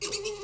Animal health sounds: pig call; weaner (32 to 43 days)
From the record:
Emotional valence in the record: negative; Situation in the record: short isolation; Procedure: open field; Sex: female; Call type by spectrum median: high-frequency call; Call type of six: high-frequency stable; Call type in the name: high-frequency stable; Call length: 0.44 s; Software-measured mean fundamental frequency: 412 Hz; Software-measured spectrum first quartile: 725 Hz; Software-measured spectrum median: 2986 Hz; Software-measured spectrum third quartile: 5907 Hz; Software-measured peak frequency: 415 Hz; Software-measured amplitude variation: 142 dB a second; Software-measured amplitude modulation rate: 9.1 a second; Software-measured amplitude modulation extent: 15.6 dB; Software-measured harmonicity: 5.6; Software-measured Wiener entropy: -2.36

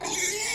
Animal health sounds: pig call; weaner (32 to 43 days)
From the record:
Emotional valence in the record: negative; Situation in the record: long isolation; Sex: female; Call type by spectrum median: high-frequency call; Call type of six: high-frequency stable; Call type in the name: high-frequency stable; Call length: 0.55 s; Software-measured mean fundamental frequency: 550 Hz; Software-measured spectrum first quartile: 1770 Hz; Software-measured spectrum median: 4221 Hz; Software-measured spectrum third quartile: 6751 Hz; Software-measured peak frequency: 2207 Hz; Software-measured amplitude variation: 96 dB a second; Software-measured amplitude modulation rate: 19.1 a second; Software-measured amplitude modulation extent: 5.0 dB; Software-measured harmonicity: 1.7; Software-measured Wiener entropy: -1.67

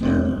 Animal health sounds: pig call; growing-finishing pig (85 days or more)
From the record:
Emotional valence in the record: negative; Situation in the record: barren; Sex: male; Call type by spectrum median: low-frequency call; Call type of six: low-frequency modulated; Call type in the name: low-frequency modulated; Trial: 2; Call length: 0.40 s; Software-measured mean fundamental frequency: 52 Hz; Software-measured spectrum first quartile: 172 Hz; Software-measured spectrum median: 261 Hz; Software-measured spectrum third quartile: 433 Hz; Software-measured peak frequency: 250 Hz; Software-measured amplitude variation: 131 dB a second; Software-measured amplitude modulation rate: 28.4 a second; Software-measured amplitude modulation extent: 4.6 dB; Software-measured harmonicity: 0.6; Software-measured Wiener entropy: -0.94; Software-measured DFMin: 927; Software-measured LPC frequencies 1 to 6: 292, 1546, 2370, 3049, 3817, 4665 Hz

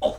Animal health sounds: pig call; piglet (1 to 25 days)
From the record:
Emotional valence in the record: negative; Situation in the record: restrain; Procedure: in the arms of a person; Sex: male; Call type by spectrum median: low-frequency call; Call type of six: low-frequency tonal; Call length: 0.19 s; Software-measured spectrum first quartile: 547 Hz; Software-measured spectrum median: 639 Hz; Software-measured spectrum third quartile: 978 Hz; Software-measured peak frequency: 604 Hz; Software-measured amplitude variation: 185 dB a second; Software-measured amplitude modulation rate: 13.3 a second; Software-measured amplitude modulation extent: 13.9 dB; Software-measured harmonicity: 6.8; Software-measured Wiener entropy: -1.09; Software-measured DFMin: 983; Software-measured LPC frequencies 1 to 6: 600, 3052, 3614, 6082, 6666, 8127 Hz

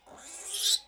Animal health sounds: pig call; piglet (1 to 25 days)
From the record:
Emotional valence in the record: negative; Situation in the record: restrain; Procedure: back test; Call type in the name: high-frequency call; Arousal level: medium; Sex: male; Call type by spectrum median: high-frequency call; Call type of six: high-frequency stable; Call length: 0.88 s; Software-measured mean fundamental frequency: 192 Hz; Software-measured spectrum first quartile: 3843 Hz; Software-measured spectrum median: 5197 Hz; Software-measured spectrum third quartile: 7912 Hz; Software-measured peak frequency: 3948 Hz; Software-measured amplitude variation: 140 dB a second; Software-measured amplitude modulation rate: 20.5 a second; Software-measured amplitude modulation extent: 6.8 dB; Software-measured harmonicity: 2.5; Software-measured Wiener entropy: -1.89

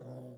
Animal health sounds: pig call; piglet (1 to 25 days)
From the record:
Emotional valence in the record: negative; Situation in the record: short isolation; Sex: female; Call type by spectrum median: low-frequency call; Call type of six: low-frequency modulated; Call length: 0.38 s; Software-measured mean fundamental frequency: 42 Hz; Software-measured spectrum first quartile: 158 Hz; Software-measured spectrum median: 302 Hz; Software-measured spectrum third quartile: 554 Hz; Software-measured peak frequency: 515 Hz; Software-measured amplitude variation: 71 dB a second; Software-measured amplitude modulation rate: 21.1 a second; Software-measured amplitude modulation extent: 3.4 dB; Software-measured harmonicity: -6.2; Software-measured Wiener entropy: 0.13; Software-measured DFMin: 1663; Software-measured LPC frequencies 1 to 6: 552, 3405, 5474, 6986, 8689, 9552 Hz

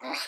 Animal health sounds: pig call; piglet (1 to 25 days)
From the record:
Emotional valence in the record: negative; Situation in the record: restrain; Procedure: in the arms of a person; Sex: female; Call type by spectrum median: high-frequency call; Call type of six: mixed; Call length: 0.28 s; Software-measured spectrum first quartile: 1185 Hz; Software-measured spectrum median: 2461 Hz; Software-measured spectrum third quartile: 4608 Hz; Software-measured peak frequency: 818 Hz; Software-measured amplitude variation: 96 dB a second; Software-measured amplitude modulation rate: 12.5 a second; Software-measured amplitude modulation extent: 7.7 dB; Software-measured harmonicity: -0.3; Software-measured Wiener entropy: -1.66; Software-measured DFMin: 1137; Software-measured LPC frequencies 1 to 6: 790, 2284, 4138, 4779, 5642, 7639 Hz

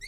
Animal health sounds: pig call; weaner (32 to 43 days)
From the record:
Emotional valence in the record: negative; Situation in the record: novel object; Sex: female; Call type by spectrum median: high-frequency call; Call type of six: high-frequency stable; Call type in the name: high-frequency stable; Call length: 0.08 s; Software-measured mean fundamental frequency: 153 Hz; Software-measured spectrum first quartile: 1702 Hz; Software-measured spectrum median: 2547 Hz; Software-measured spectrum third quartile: 5483 Hz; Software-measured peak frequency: 2054 Hz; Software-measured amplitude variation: 91 dB a second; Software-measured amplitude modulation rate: 6.4 a second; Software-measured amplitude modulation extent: 14.1 dB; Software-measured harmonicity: 14.8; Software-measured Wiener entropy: -4.62

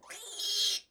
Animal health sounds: pig call; piglet (1 to 25 days)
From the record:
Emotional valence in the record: negative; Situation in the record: restrain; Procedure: back test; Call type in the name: high-frequency call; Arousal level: low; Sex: female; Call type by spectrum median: high-frequency call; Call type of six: high-frequency stable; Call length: 0.91 s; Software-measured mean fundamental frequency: 294 Hz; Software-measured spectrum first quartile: 3542 Hz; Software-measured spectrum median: 4365 Hz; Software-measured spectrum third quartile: 5854 Hz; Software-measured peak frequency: 3272 Hz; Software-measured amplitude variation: 118 dB a second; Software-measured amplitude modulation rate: 20.4 a second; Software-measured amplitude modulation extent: 5.8 dB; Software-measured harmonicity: 1.8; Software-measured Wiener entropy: -2.13

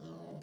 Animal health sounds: pig call; piglet (1 to 25 days)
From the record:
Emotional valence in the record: negative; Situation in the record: short isolation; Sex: female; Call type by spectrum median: low-frequency call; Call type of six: low-frequency modulated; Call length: 0.43 s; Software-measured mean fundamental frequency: 53 Hz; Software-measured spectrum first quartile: 195 Hz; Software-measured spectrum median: 355 Hz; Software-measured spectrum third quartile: 678 Hz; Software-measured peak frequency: 171 Hz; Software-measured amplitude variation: 99 dB a second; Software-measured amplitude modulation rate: 24.3 a second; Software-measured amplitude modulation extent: 4.1 dB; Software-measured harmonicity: 1.2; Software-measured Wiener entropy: 0.04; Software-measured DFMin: 1401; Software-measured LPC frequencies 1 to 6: 464, 3085, 3932, 4538, 5649, 6888 Hz

